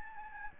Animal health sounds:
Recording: mosquito wingbeat signal from an infrared sensor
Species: Aedes albopictus

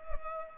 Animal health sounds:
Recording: mosquito wingbeat signal from an infrared sensor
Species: Culex pipiens

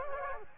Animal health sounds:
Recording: mosquito wingbeat signal from an infrared sensor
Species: Culex quinquefasciatus

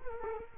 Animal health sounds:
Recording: mosquito wingbeat signal from an infrared sensor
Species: Culex quinquefasciatus

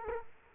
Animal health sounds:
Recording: mosquito wingbeat signal from an infrared sensor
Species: Culex quinquefasciatus

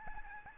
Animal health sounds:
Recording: mosquito wingbeat signal from an infrared sensor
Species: Aedes albopictus

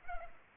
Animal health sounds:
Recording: mosquito wingbeat signal from an infrared sensor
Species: Culex pipiens

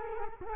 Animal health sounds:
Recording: mosquito wingbeat signal from an infrared sensor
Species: Culex quinquefasciatus

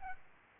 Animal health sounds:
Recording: mosquito wingbeat signal from an infrared sensor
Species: Aedes albopictus

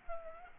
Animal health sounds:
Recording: mosquito wingbeat signal from an infrared sensor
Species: Culex pipiens

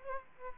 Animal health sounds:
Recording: mosquito wingbeat signal from an infrared sensor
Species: Aedes aegypti

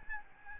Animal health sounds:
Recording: mosquito wingbeat signal from an infrared sensor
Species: Aedes albopictus

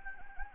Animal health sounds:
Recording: mosquito wingbeat signal from an infrared sensor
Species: Anopheles gambiae

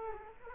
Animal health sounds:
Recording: mosquito wingbeat signal from an infrared sensor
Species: Culex quinquefasciatus

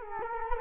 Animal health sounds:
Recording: mosquito wingbeat signal from an infrared sensor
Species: Culex quinquefasciatus

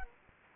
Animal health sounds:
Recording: mosquito wingbeat signal from an infrared sensor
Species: Anopheles gambiae

